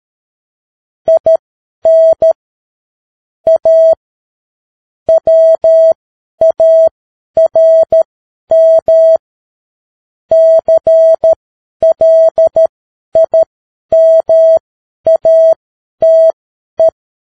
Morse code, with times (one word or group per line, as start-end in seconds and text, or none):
1.1-2.3 IN
3.5-3.9 A
5.1-9.2 WARM
10.3-16.9 CLIMATE